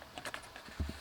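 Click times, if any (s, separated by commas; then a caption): none. An OEM-style plug on a pedal controller harness is pushed toward its mating OEM connector socket in the dash of a Toyota FJ Cruiser during a pedal control switch install. A few light taps and rustles are heard, followed by a duller low thump near the end. Nothing has seated or clicked yet.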